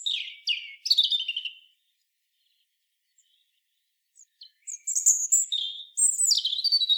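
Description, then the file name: European robin song with a rippling descending phrase, a pause, then a second run of high, piercing whistles and trills. "Erithacus rubecula"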